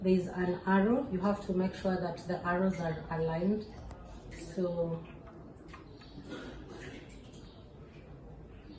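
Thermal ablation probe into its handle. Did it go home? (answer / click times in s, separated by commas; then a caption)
no / none. A thermal ablation probe is lined up with its handle, arrow to arrow, before being pushed in. Someone talks for most of the clip, with a couple of faint brief handling sounds near 3.9 s and 5.7 s under low background noise. The probe has not gone in or clicked yet.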